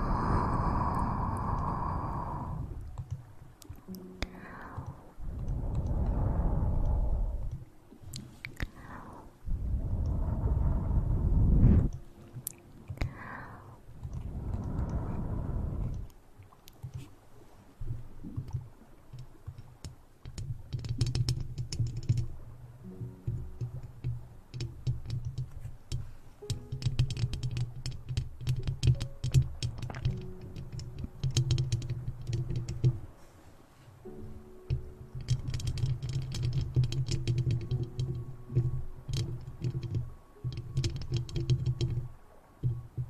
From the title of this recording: Intense Mouth Sounds